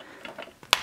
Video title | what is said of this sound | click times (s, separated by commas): Power Rangers Mixx 'N Morph Wave 1 Review | and then on this side this one clicks so it's like why can't they all be like this | 0.7 s